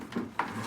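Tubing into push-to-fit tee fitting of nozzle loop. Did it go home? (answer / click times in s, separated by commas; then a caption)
yes / 0.4 s. Plastic tubing is pushed into a push-to-fit tee fitting on the nozzle loop that leads to the spray nozzles. Soft handling noise is followed by a sharp, short click at 0.4 s, and the tubing is seated in the tee.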